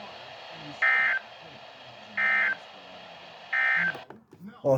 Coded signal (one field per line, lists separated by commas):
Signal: Emergency Alert System (SAME) tones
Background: speech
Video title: Weekly Tests: Live Voice Edition. (EAS#64-68)